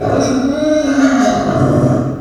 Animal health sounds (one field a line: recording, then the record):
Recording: squeal of a Yucatan mini pig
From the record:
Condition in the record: after surgery on the right vocal fold (resection and tissue-engineered implant)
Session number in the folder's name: 9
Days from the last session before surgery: 65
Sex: female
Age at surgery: 19 weeks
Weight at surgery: 25 kg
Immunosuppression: prednisolone